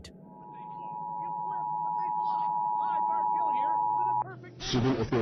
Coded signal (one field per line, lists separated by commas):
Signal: Emergency Alert System (SAME) tones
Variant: 853 and 960 Hz attention tone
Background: speech